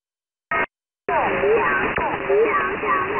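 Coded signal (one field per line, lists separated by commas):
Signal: unidentified radio signal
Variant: VC01 Chinese Robot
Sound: short burst, pause, then robotic warbling voice-like chatter in hissy narrowband audio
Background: radio static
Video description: The Chinese oddity station VC01, also called the "Chinese Robot" has been around for many years.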